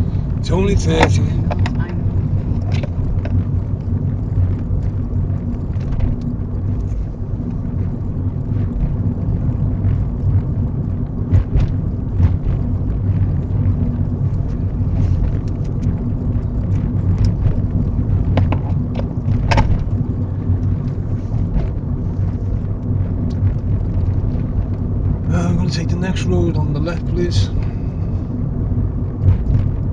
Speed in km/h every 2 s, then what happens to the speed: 35, 37, 37, 37, 39, 39, 40, 40, 40, 40, 40, 40, 42, 40, 40.
0-30 steady at about 40.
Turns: none.